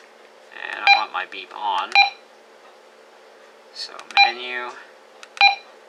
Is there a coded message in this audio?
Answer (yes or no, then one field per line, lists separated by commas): no